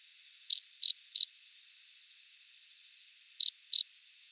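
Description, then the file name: Cricket chirping: short, bright chirps of three, then two, closely spaced pulses, with a gap of about two seconds between groups, over a faint steady hiss. "Loxoblemmus sylvestris"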